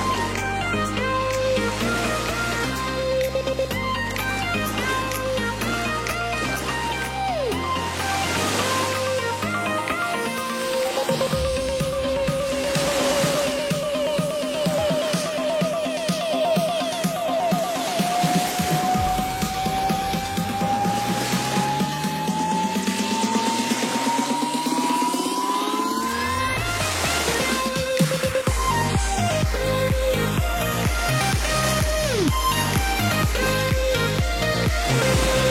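Bright electronic dance music plays at a steady, full level throughout. A pulsing bass pattern opens the track, then drops away while a long rising synth sweep builds from about eight seconds to twenty-six, before a dense, punchy beat returns near twenty-eight seconds.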